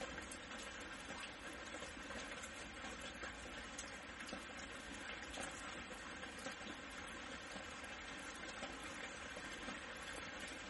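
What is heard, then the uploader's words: Gentle night rain falls in a steady, dense hiss that never lets up, with countless tiny patters blurring together. A soft low rumble runs underneath throughout, and the level stays even from start to finish with no distinct events standing out. Gentle Night Rain, Rain Sounds.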